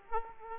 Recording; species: mosquito wingbeat signal from an infrared sensor; Aedes aegypti